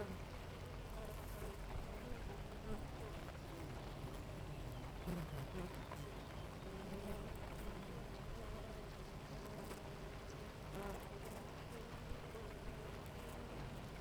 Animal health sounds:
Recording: honeybee colony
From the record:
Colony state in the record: active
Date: 28 July 2017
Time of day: 6:55

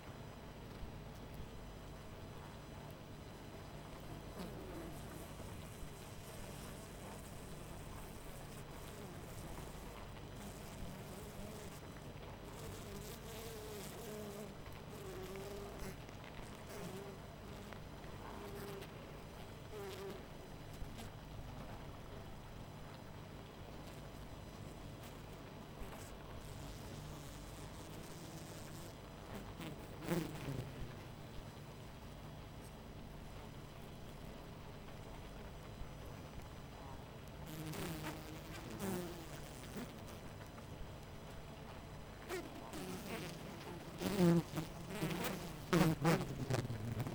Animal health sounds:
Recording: honeybee colony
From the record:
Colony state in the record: missing queen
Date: 14 July 2017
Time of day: 20:55

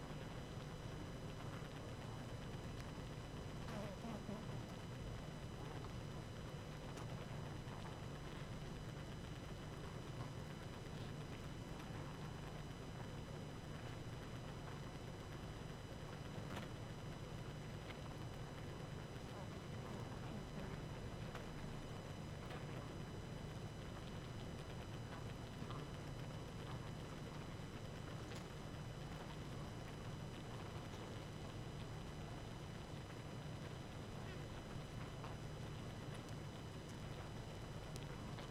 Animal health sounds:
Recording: honeybee colony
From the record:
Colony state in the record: active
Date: 12 June 2018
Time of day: 19:40

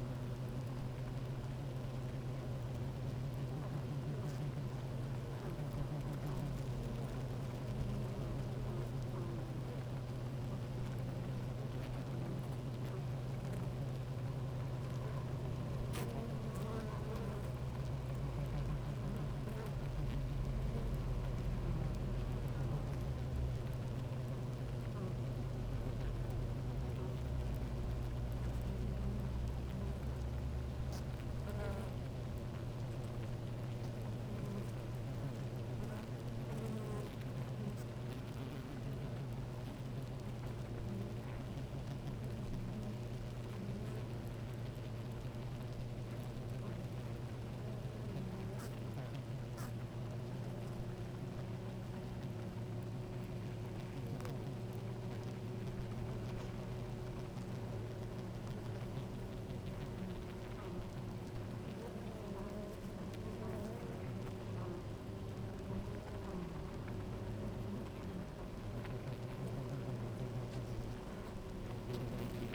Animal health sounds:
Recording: honeybee colony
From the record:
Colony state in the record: active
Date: 28 July 2017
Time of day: 12:00

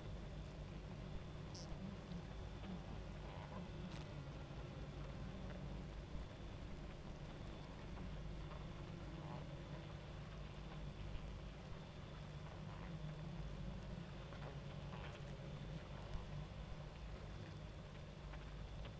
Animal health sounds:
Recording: honeybee colony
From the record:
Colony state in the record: active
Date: 28 July 2017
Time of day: 23:52

